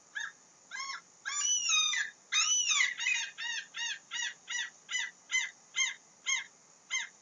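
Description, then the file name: Gull calls: a series of loud, harsh, wavering cries, some longer and drawn out, then shorter yelps repeated about every half second. "Seagull"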